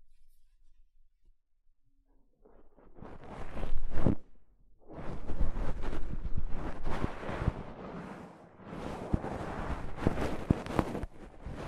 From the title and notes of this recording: ASMR Mic Brushing using Soft Fabric (No Talking).